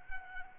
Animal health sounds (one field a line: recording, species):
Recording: mosquito wingbeat signal from an infrared sensor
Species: Anopheles arabiensis